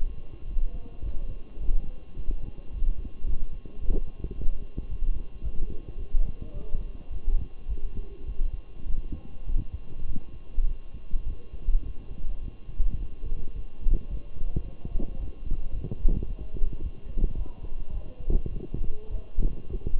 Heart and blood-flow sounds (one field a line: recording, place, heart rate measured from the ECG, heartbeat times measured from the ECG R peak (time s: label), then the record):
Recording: heart sounds by stethoscope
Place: between the tricuspid and mitral areas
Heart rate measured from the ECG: 106 bpm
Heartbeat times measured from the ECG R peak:
0.46 s: heartbeat
1.03 s: heartbeat
1.59 s: heartbeat
2.15 s: heartbeat
2.70 s: heartbeat
3.25 s: heartbeat
3.79 s: heartbeat
4.34 s: heartbeat
4.88 s: heartbeat
5.42 s: heartbeat
5.96 s: heartbeat
6.52 s: heartbeat
7.09 s: heartbeat
7.67 s: heartbeat
8.25 s: heartbeat
8.85 s: heartbeat
9.45 s: heartbeat
10.05 s: heartbeat
10.66 s: heartbeat
11.25 s: heartbeat
11.83 s: heartbeat
12.41 s: heartbeat
12.97 s: heartbeat
13.53 s: heartbeat
14.08 s: heartbeat
14.63 s: heartbeat
15.18 s: heartbeat
15.71 s: heartbeat
16.26 s: heartbeat
16.80 s: heartbeat
17.35 s: heartbeat
17.91 s: heartbeat
18.49 s: heartbeat
19.09 s: heartbeat
19.70 s: heartbeat
From the record:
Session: walking at 3.7 km/h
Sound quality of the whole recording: good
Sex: male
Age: 23 years